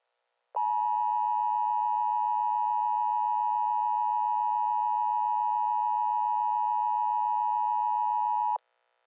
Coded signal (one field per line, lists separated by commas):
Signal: Emergency Alert System (SAME) tones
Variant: 853 and 960 Hz attention tone